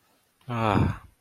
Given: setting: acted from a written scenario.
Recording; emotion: vocal sound without words; guilt